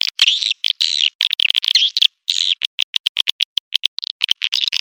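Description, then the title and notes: Swiftlet calls, bursts of high chirping chatter followed by a run of short, evenly spaced chirps, several per second. Lure sound used in swiftlet bird farming, Asia. "Swiflet Bird Sound. Farming Swiflet Bird asia sound"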